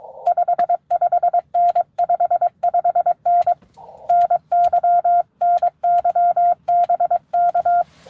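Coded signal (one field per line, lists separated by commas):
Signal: Morse code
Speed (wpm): 22 wpm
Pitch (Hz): 690 Hz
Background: radio noise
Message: 55N 55N NY NY BK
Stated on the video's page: Live Parks on the Air CW activation for a 12 days of Christmas event.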